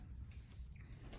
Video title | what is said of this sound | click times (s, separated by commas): 2018 2019 2020 Honda Accord- Don’t overlook this simple part | It just sits in there and then lift up on it and it snaps in place. | 0.7 s